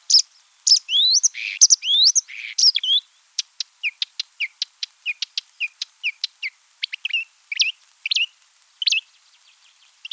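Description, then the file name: Marsh Warbler song, starting with scratchy swooping phrases, then a rapid series of short clicks and chirps. Recorded 7 July 1984 in a marsh in France. "Rousserolle verderolle 19840707 marais-Frane"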